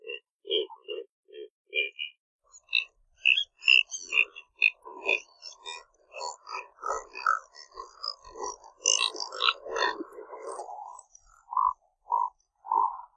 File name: canto do bigua